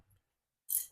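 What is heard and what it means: With the release button pressed, the plastic tip is pulled out of the head socket of a cordless DooGooCoo water flosser handle, and the tip comes free. A faint low rumble at the start is followed by a short, sharp, bright high-pitched click at 0.8 s that quickly fades.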